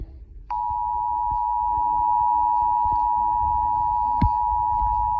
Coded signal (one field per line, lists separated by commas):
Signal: Emergency Alert System (SAME) tones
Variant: 853 and 960 Hz attention tone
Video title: Eas scenario sonic exe / waring it could be creepy